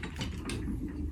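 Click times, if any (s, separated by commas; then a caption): none. A high lift jack's handle is worked as it lifts a Ford Ranger at the bullbar shackles, its steel climbing pins working toward the next hole in the jack bar. A steady, low mechanical ratcheting and grinding rumble with brief brighter scraping bursts runs through the clip. Nothing has seated or clicked into the next hole yet.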